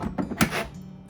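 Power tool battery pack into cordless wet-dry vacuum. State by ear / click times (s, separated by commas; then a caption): seated / 0.4 s. An 18/20 V power tool battery pack is pushed straight into the battery slot of a used Dewalt cordless 2-gallon wet-dry vacuum. It seats with one sharp click at 0.4 s as it latches, and someone talks.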